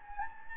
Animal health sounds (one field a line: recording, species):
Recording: mosquito wingbeat signal from an infrared sensor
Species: Anopheles gambiae